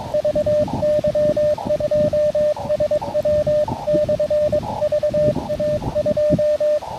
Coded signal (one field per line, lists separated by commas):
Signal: Morse code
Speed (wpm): 21 wpm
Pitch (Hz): 590 Hz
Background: radio noise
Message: VY2SW/VA2